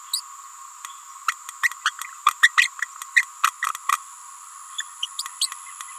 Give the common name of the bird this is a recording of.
Green-rumped Parrotlet